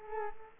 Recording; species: mosquito wingbeat signal from an infrared sensor; Culex quinquefasciatus